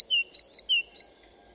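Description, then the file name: Great tit song: a few quick phrases of a low downslurred whistle and sharp higher notes, given briskly. "Parus major"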